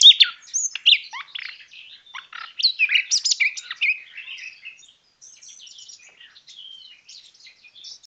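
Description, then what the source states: Common nightingale song: loud varied chirps and slurred notes in the first half, fading into quieter thin high phrases and soft twitters. 22 March 2014.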